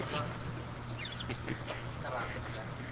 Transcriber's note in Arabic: ضحك الشيخ رحمه الله